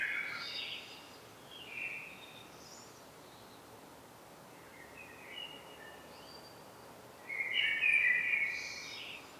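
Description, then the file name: Common blackbird song: several short warbled fragments with high squeaky notes, followed by a louder fluted phrase near the end; steady faint hiss throughout. "Turdus merula"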